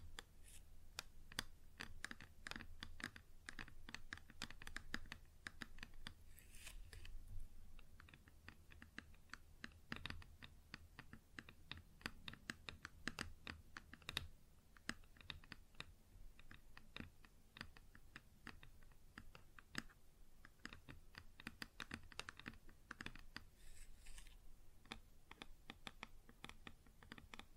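Rapid tapping on a wooden surface, dense and uneven, with clicks arriving in quick irregular bursts like typing throughout. Brighter scratching strokes cut in now and then, notably near 6 and 24 seconds, over a low steady hum.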